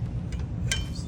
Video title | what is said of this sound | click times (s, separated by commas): Tire and tube replacement for Top End handcycle | You want to make sure that you hear that click as well. | 0.7 s